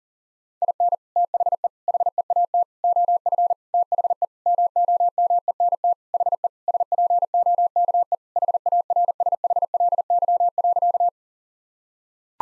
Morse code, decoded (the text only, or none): IN THE HEAT OF THE MOMENT HE SPOKE HARSHLY.